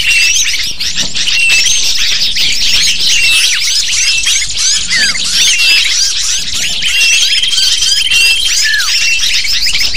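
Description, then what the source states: Lovebird chatter from many birds, rapid high chirps and squeaks overlapping without pause, with a brief steady whistle partway through. Lure call used to attract lovebirds (pikat burung).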